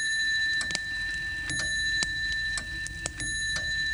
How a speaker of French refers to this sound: Mais la pendule interrompt Jo dans sa colère. Elle sonne 6 heures